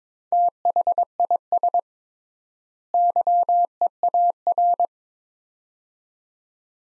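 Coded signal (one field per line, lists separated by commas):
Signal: Morse code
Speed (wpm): 21 wpm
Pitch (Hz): 700 Hz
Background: none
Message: THIS YEAR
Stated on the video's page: Morse word-pair copying practice at 22 wpm with triple word spacing, Farnsworth-like method; each set sent, spoken, then resent.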